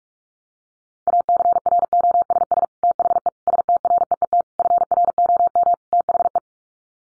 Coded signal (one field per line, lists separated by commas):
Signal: Morse code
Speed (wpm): 44 wpm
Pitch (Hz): 700 Hz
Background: none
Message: ACROSS THE STREET FROM THE